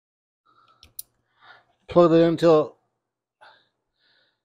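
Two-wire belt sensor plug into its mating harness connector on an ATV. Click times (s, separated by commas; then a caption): 0.8 s, 1.0 s. On a Kawasaki Prairie 360 four-wheeler ATV, a two-wire belt sensor plug is pushed into its mating harness connector to reset the check-belt light. A faint click comes at 0.8 s and a sharp, stronger click at 1.0 s as the connector seats, followed by someone talking.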